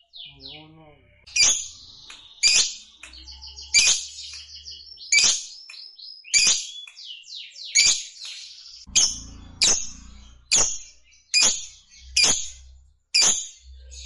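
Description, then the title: Lovebird calls: a series of harsh, high screeching bursts with softer twittering between them. Fighter lovebird singing energetically (gacor). "Berkat SUARA Lovebird FIGHTER GACOR Ini"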